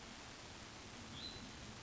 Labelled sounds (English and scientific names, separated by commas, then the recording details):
Hutton's Vireo (Vireo huttoni)
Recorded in Sonoma County, California